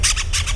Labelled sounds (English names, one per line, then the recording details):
Brown-throated Parakeet contact call
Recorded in Venezuela
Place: PN Cerro Saroche, Tierras del Sr. Polo, Edo. Lara
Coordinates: 10.171, -69.518